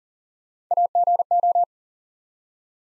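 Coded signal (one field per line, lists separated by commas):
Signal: Morse code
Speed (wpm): 43 wpm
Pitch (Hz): 700 Hz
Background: none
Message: AGO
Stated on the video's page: Morse Code Ninja practice set at 40 wpm building 3-letter words one letter at a time, for instant character recognition training.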